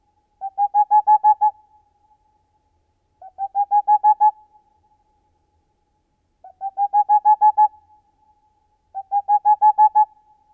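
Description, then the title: Boreal owl giving rapid hollow hoot series, four runs of roughly eight notes each, repeated about every three seconds, in otherwise quiet surroundings. Featured as the nature sound of the week. "Viikon luontoääni: Helmipöllö"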